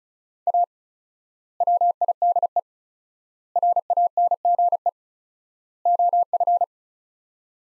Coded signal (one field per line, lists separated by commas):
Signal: Morse code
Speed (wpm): 36 wpm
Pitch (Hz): 700 Hz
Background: none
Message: A WIDE RANGE OF